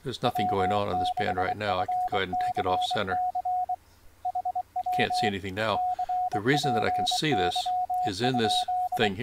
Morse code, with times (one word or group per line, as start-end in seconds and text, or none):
0.3-3.7 W6FCC
4.3-5.3 HW
5.8-9.1 CPY?